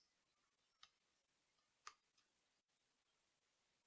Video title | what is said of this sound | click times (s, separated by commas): Samurai Castle Build - Part 5 | Okay, very pleased with that. There are two nice little satisfying clicks there. | 0.8 s, 1.9 s